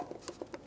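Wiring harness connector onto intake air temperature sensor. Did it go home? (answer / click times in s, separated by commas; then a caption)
yes / 0.3 s. On a 2007-18 Jeep Wrangler, a wiring harness connector is lined up on the intake air temperature sensor in the air filter housing and pushed on until it clicks in at 0.3 s. A few other short, faint taps are heard around 0.1, 0.4 and 0.5 s. The connector is seated.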